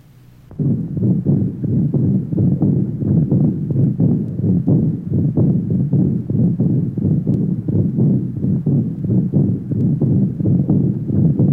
Age 41, aortic stenosis and insufficiency, left sternal border area.